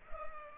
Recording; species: mosquito wingbeat signal from an infrared sensor; Culex pipiens